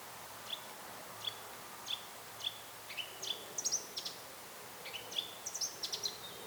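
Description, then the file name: Eurasian blackcap giving short, sharp high notes, evenly spaced at first, then coming in quicker clusters. "Sylvia atricapilla"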